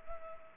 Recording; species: mosquito wingbeat signal from an infrared sensor; Culex pipiens